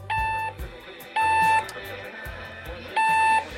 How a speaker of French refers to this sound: Oh merde, j'ai oublié de débrancher le réveil. Non, pas du tout, c'est moi qui l'avais mis.